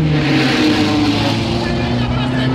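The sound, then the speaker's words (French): A race car engine roars loudly and continuously during a race as the car moves to overtake a slowing car ahead, its droning, buzzing pitch holding mostly steady with a slight strain as it pushes on through the whole stretch. “Tiens, la mystère ralentit. Je vais peut-être pouvoir la doubler. Oui, j'y vais.”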